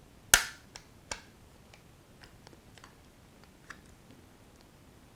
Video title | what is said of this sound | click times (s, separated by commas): How to insert the PiJuice HAT & Raspberry Pi in the PiJuice Short Case | so once it's in place you should hear it click into the grooves on either side | 0.3 s